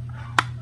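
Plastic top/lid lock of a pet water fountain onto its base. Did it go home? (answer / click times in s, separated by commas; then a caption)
yes / 0.4 s. The plastic top part of a cat water fountain is pressed onto its clear plastic base until its lock engages, which it must do or the top will fall off. Over a steady low hum, a single sharp click sounds at 0.4 s as the lock snaps into place, leaving the top locked on.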